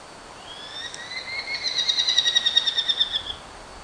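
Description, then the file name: Merlin calling: a thin drawn-out whine running into a fast, shrill chatter of many rapid notes lasting under two seconds. "Falco columbarius - Merlin"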